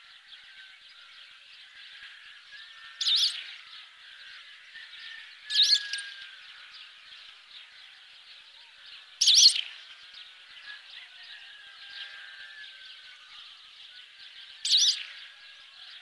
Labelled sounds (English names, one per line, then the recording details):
Isabelline Wheatear song
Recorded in the wild
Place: Damtschik/Wolgadelta, RU
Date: 1998-05-12
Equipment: Dat-Recorder Casio DA 7, Telinga DAT, Telinga-Parabolspiegel
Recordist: Schwarz, Dieter
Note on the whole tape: Song